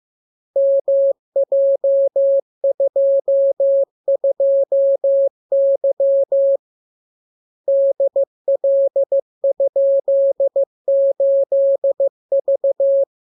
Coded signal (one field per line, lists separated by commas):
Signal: Morse code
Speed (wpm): 15 wpm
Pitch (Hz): 550 Hz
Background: none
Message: MJ22Y DL?8V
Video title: Learning Morse Code. Lesson 40. Letter KMURESNAPTLWI.JZ=FOY,VG5/Q92H38B?47C1D60X